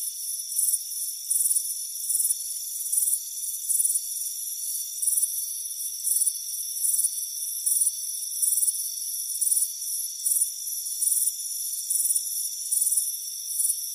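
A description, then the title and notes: Crickets chirp in a steady, high, thin drone, with brighter pulses repeating regularly about every three-quarters of a second and nothing low underneath. Soothing Crickets Chirping Sound.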